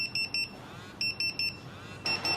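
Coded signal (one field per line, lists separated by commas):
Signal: pager alert tone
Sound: high-pitched electronic beeps in quick bursts of three, repeating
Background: faint background noise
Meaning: A guest is being called on the pager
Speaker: here's the beep sound thank you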